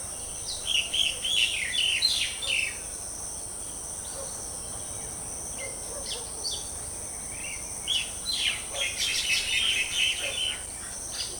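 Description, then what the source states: Birds twitter in two loose bursts of sharp, high chirps separated by a quieter stretch. Countryside ambience.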